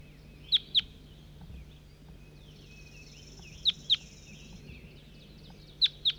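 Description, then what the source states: Crossbill calls as crisp, abrupt high notes in doublets, three pairs across the span, with a high buzzing band and low steady hum. Individual bird labelled 4-3.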